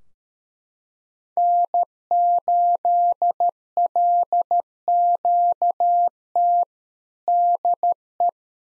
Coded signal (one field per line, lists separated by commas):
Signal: Morse code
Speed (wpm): 13 wpm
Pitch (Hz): 700 Hz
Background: none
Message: N8LQT DE